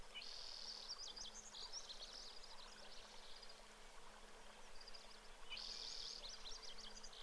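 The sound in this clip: Brewer's sparrow song of high, dry trills broken by buzzy phrases, heard faintly against constant low hum and hiss.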